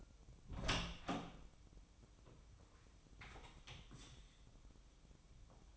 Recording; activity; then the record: daily activity, microphone in the room; open door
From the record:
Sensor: 1